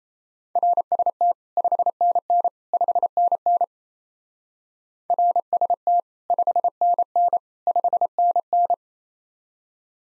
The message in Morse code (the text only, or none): RST 5NN 5NN RST 5NN 5NN